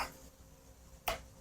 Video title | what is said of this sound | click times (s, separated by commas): I smoked the clutch in my E46 M3 and used bread to fix it! | There we go. And we're locked into place. | 1.1 s